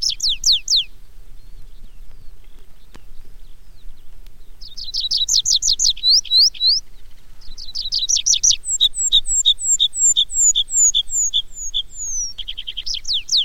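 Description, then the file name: Tree pipit singing several phrases: rapid downslurred notes in quick series, a run of repeated high chips, then more descending slurs, clear and loud. "baumpieper"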